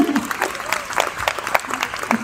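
An audience claps steadily for a couple of seconds, a dense, even patter of many hands at moderate loudness, with faint voices mixed in underneath.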